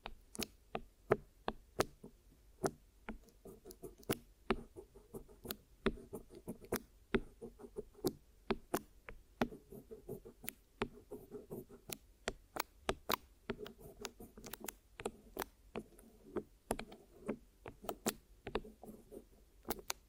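Ear massage and cleaning, made of sharp, crisp clicks and taps that come irregularly, two or three every second, for the whole twenty seconds. Underneath runs a soft, low, buzzing rub that swells and fades between the clicks.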